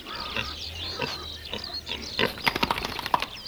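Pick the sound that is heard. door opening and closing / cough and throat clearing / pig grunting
pig grunting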